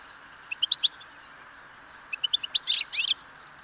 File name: Carduelis carduelis